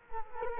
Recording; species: mosquito wingbeat signal from an infrared sensor; Culex quinquefasciatus